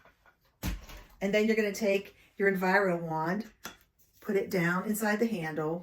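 A mop head is released from a telescoping mop handle by pushing in the buttons on the handle, with a sharp pop at 0.6 s as the head comes off. Someone then talks.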